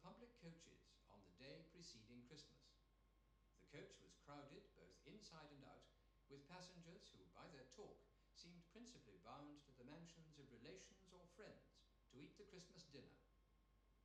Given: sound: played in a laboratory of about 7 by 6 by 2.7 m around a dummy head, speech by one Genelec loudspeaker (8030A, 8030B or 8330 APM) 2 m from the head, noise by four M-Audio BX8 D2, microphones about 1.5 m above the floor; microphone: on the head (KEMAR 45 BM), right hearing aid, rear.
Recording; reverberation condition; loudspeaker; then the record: male speech in English; medium; 30 degrees to the right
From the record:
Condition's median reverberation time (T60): about 510 ms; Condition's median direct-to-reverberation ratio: about -0.5 dB